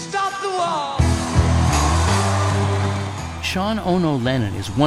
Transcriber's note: cheering